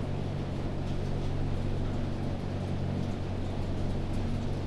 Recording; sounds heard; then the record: poultry house recording; no chicken sound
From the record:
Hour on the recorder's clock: 21